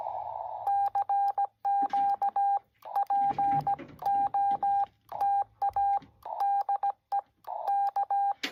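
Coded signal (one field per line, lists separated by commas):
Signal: Morse code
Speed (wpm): 16 wpm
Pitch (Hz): 800 Hz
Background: none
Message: CQ POTA DE K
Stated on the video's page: Morse contact made during a POTA park activation.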